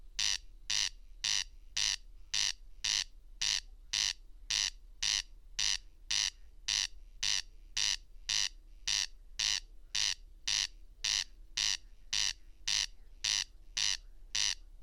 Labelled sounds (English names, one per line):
Corn Crake song